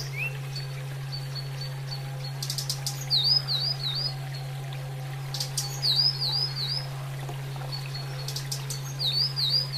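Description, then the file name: Sunda robin song: three rippling, wavering whistled phrases spaced about three seconds apart, each after a cluster of clicks, against a low constant hum. Used for training cage birds, Indonesia. "terapi burung tledekan"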